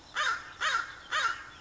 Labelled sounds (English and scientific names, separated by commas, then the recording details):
American Crow (Corvus brachyrhynchos)
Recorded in Sonoma County, California